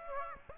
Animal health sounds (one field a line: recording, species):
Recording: mosquito wingbeat signal from an infrared sensor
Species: Aedes aegypti